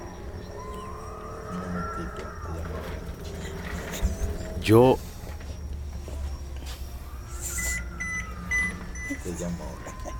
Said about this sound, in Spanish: ¿Y esa canción tan bonita que está ahí? Ah, tu celular.